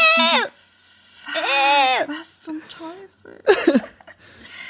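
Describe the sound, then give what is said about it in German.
A goat in a played video clip gives two long, wavering bleats, quavering and nasal, followed by a few shorter, choppier cries and a final strained bleat. “Weil ich bin damals wirklich gestorben, wo die dann diesen Ausschnitt hatten, dann diese Ziege.”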